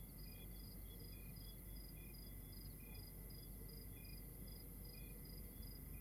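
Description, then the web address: Night chorus of crickets, brief pulsed chirps repeating unevenly at two or three pitches above a steady low rumble. Outdoors at night in Rwanda. "Monte Sound - Atmospheres of Rwanda AMB External Rwanda Night Crickets"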